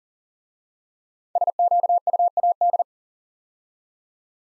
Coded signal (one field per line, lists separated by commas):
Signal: Morse code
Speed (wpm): 39 wpm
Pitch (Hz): 700 Hz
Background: none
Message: SQUAD